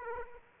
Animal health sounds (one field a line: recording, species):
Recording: mosquito wingbeat signal from an infrared sensor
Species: Aedes aegypti